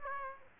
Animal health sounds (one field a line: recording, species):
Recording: mosquito wingbeat signal from an infrared sensor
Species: Aedes aegypti